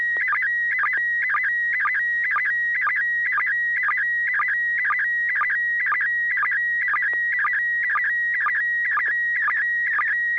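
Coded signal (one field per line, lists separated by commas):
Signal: SSTV (slow-scan television)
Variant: PD120 mode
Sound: steady high whistle interrupted by rapid warbling chirps twice a second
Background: low hum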